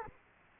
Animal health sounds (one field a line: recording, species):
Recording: mosquito wingbeat signal from an infrared sensor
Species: Aedes aegypti